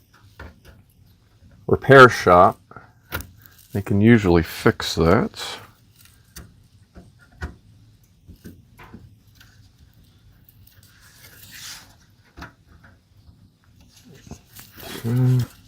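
An expansion card is handled at a motherboard slot while someone talks, with brief faint knocks and taps through the clip. The card has not yet seated or clicked into the slot.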